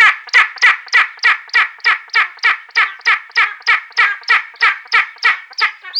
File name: spanish imperial eagle